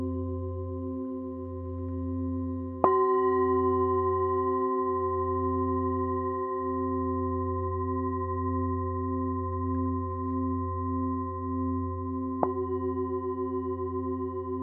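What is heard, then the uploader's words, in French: Tibetan singing bowls ring with a steady, low hum and clear sustained upper tones that pulse and waver slowly. A bowl is struck at about three seconds and again near twelve seconds, each strike adding a bright attack that slowly fades into the drone. Bols tibétains.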